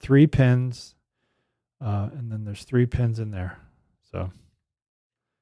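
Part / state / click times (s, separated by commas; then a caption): detachable mini XLR cable plug into headphone earcup socket / not seated / none. A three-pin mini XLR cable plug is handled at the earcup socket of a pair of Beyerdynamic DT990 PRO X headphones while someone talks in bursts from about 0.0 to 0.9 s, 1.8 to 3.7 s and 4.1 to 4.5 s. No snap or click is heard, and the plug has not yet seated in the socket when the clip ends.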